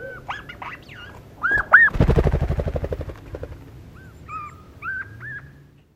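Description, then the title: Siberian jay mixing whistled, rising and falling mewing notes with a harsh, rapid rattling churr lasting over a second, then a few softer mews. "Viikon luontoääni: Kuukkeli"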